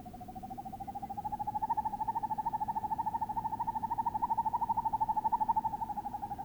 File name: Northern Hawk Owl Hooting of two males